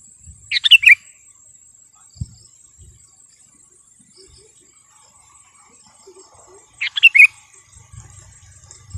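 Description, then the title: Sooty-headed bulbul song, two brief bubbly phrases about six seconds apart over a constant high insect hum, with scattered low knocks. "kutilang"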